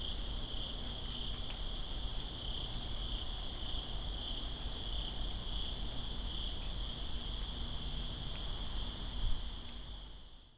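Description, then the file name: Crickets keep up a continuous high trilling chorus over steady rain noise and low rumble, a few sharp drips, the sound fading out at the end. Crickets recorded in rain in Greensboro on 2 September 2017. "Greensboro Crickets And Rain-2017-09-02"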